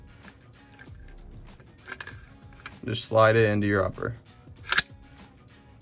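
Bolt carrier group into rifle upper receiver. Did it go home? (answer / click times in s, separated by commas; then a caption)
yes / 4.7 s, 4.8 s. A metal bolt carrier group is slid into an AR-15 rifle's upper receiver while someone talks, with light sliding taps and scrapes along the way. It goes home with a sharp metallic click at 4.7 s and 4.8 s, seating in the upper receiver.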